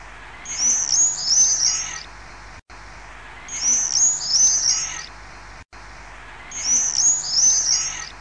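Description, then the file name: Common swift screaming: a shrill, high, trilling scream lasting about a second and a half, repeated three times at roughly three-second intervals. "Rondone"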